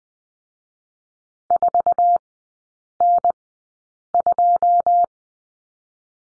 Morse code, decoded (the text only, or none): 4N2